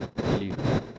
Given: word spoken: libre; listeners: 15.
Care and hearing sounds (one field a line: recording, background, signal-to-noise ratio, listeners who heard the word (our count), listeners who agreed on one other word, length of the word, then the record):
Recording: one Spanish word in noise, from a listening test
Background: noise modulated by one talker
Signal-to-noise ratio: -9.3 dB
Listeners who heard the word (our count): 3 of 15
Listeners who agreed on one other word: 7 of 15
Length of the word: 0.58 s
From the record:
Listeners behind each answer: 7, 4, 3, 1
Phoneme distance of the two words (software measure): 10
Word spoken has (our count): 2 syllables, 5 phonemes, stress on syllable 1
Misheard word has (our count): 2 syllables, 5 phonemes, stress on syllable 1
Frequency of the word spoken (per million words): 148.40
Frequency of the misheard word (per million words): 216.67